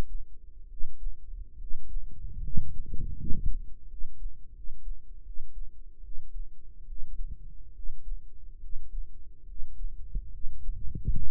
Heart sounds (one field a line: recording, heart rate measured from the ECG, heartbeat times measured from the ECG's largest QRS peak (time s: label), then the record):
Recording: heart sounds by microphone in the right ear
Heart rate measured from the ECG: 75 bpm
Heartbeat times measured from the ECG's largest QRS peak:
0.67 s: heartbeat
1.56 s: heartbeat
2.40 s: heartbeat
3.15 s: heartbeat
3.86 s: heartbeat
4.52 s: heartbeat
5.22 s: heartbeat
6.00 s: heartbeat
6.85 s: heartbeat
7.72 s: heartbeat
8.58 s: heartbeat
9.44 s: heartbeat
10.29 s: heartbeat
11.09 s: heartbeat
From the record:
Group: healthy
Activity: rest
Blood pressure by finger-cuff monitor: 103/67 mmHg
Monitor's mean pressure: 76 mmHg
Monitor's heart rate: 71 bpm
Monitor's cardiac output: 5.6 L/min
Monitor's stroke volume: 77 mL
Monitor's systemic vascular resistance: 970 dyn s/cm5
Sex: male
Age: 21 years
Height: 170 cm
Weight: 71 kg